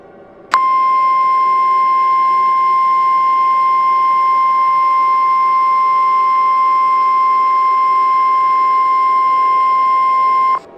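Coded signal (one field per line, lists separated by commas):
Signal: Emergency Alert System (SAME) tones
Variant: 1050 Hz attention tone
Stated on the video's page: Fictional scenario alert, self-made, containing valid tones.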